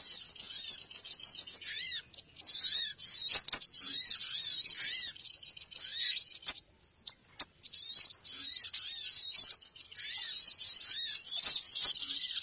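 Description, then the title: Birds chattering continuously in a dense high-pitched chorus of trills and chips, with brief pauses. Lure sound of noisy chattering birds used to attract birds, which reportedly gathered close soon after it began. "Baru Diputar Dah Banyak Merapat! Suara Pikat Burung Ribut"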